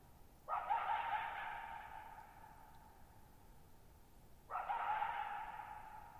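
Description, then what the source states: Coyote giving two sharp, steady-pitched barking calls about four seconds apart, each ending in a long fading reverberant tail over a very quiet background. Lone coyote at night, July 14, 2019, near Thirtymile Meadows, Okanogan National Forest, Pacific Northwest, 6400 ft; dry high plateau, bowl-shaped boggy meadow, very low noise floor, reverberation over 5.5 s.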